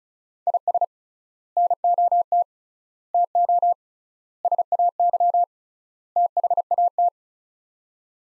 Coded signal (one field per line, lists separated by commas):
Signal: Morse code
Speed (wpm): 36 wpm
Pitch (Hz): 700 Hz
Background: none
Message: IS NOT TO SAY THAT